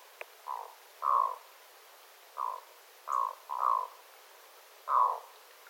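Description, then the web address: Black-throated loon uttering six short, rough croaks, some drawn out slightly, spaced irregularly over a quiet background. Adult birds calling, recorded 9 September 2025. "paivat 9 9 2025 aikuisten kuikkien aantelya aika hyva"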